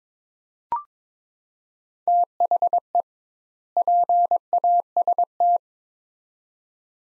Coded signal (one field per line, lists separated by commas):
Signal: Morse code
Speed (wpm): 22 wpm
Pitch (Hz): 700 Hz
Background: none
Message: THE PAST